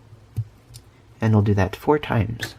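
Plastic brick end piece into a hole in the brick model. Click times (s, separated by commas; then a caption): 0.8 s. A plastic brick end piece is pressed into a hole in a brick-built cake model and snaps in, seating with a sharp click at 0.8 s in the quiet stretch. Someone then talks.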